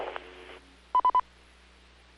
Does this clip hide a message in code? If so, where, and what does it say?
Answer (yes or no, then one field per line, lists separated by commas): no